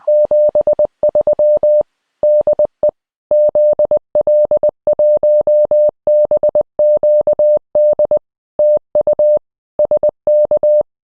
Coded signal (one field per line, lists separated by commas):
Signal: Morse code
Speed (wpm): 20 wpm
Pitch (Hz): 600 Hz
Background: none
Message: 73 DE ZL1BQD TU SK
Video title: 80 Meters for DX-Commander - Roly's Coil, great for DXpeditions.